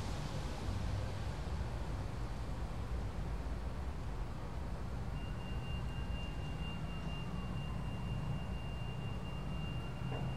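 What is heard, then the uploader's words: A steady outdoor wash of city noise near a station, dominated by a deep engine rumble from idling vehicles. Around halfway through, a thin high whine starts and holds to the end, with a faint sliding tone underneath, like train wheels or brakes. Almost home and departing Broadway Junction, Van Sinderen avenue traces the front of the building with dim lighting and an overgrown industrial lot beneath the tracks. As a few cabs await the next batch of people to stream out of the station, subway cars pass high overhead on the same platforms visited earlier.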